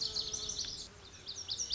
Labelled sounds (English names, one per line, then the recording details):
Lazuli Bunting
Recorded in Sonoma County, California